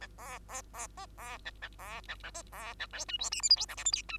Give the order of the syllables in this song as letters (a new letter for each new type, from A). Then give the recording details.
A B B B C B A A B A A C B A D E F G H I J K L M N E. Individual Bird2